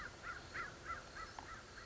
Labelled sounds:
American Crow

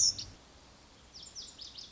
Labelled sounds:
Lazuli Bunting

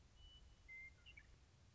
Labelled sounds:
Western Meadowlark

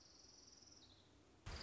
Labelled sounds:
Orange-crowned Warbler

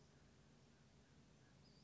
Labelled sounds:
Western Flycatcher

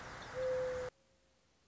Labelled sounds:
Mourning Dove

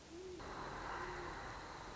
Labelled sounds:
Great Horned Owl

